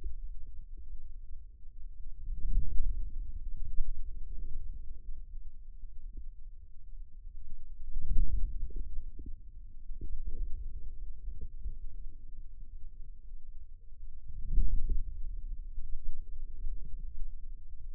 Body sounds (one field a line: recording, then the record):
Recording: forearm muscle sounds (acoustic myography)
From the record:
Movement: outward rotation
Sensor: system 2, bracelet of six BSWA MPA416 microphones around the upper forearm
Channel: 1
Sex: male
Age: 22 years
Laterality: right